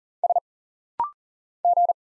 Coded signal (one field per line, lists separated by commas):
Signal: Morse code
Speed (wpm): 40 wpm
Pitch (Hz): 700 Hz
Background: none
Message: S G